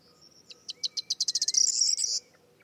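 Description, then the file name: Corn bunting song: spaced ticks quickly accelerating into a dense, buzzy, jangling flourish that ends abruptly after about two seconds. "Zden k Vermouzek - Prosyanka Emberiza calandra"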